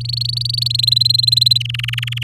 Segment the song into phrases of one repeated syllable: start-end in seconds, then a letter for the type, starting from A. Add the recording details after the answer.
0.00-0.76 A, 0.79-1.58 B, 1.60-2.23 C. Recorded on 7 May 2018 at 07:02. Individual llb16